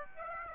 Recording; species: mosquito wingbeat signal from an infrared sensor; Aedes aegypti